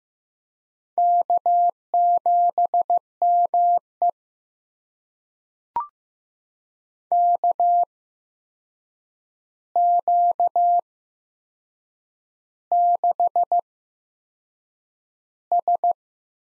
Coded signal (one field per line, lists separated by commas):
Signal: Morse code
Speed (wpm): 15 wpm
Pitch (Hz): 700 Hz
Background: none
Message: K7ME KQ6S